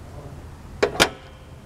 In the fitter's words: hear that first click make sure that safety is secure use two hands push